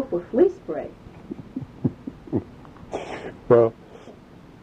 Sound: laughs